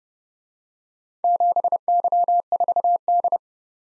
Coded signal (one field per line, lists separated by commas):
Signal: Morse code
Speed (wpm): 34 wpm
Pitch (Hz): 700 Hz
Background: none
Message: 7Y4D